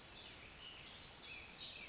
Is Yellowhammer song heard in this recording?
no